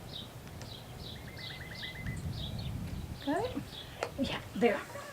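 A plastic hula hoop connector is handled at the end of plastic tubing while making a hula hoop. Someone talks, two faint brief ticks come at about 0.5 and 0.6 s, and repeated high bird-like chirps run through the clip. Nothing has seated or clicked yet.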